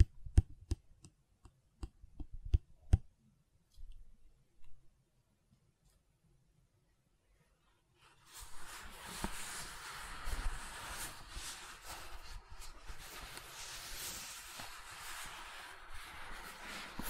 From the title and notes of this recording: ASMR Gentle Silicon Sounds for Sleep (No Talking).